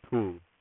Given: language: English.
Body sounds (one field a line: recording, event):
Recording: throat vibration sensor signal played as sound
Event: speech